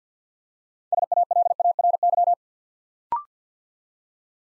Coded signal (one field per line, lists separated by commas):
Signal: Morse code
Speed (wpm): 48 wpm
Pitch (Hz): 700 Hz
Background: none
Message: SALARY